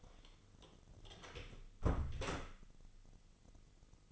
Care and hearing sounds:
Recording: daily activity, microphone in the room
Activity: close door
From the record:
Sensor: 4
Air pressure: 996.9 hPa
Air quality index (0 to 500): 63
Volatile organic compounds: 2 ppm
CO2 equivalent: 1132 ppm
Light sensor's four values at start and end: 17/39/16/16 and 18/43/17/18

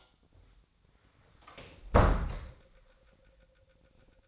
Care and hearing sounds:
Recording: daily activity, microphone in the room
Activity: close door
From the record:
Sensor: 3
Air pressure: 1009.2 hPa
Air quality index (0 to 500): 193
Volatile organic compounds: 4 ppm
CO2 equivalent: 1558 ppm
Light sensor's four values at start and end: 50/130/56/57 and 50/130/56/57

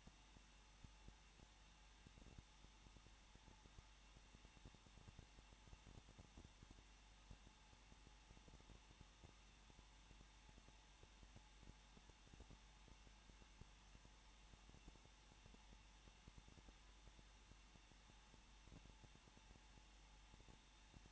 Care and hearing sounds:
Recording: daily activity, microphone in the room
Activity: no activity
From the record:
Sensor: 1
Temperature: 20.1 degrees Celsius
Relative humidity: 39.4%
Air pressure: 1006.4 hPa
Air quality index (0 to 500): 219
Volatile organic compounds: 81 ppm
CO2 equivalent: 3611 ppm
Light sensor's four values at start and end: 1/2/1/1 and 1/2/1/1

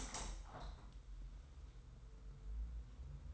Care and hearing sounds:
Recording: daily activity, microphone in the room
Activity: open window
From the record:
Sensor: 3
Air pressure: 990.4 hPa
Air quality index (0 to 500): 181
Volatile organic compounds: 1000 ppm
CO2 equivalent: 5856 ppm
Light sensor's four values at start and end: 34/80/32/30 and 34/79/32/30

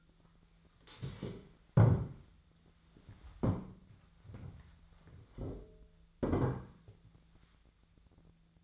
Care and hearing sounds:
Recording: daily activity, microphone in the room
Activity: stand up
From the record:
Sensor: 3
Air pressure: 1008.1 hPa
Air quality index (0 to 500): 192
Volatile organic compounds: 14 ppm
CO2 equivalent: 2461 ppm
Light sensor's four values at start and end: 12/28/12/12 and 12/29/12/13

